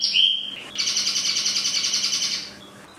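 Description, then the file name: Chinese hwamei song: a bright whistled note, then a fast rattling trill of rapid repeated notes lasting nearly two seconds before fading. Used for training cage birds (omkicau). "audio-hwamei-mini-2-omkicau"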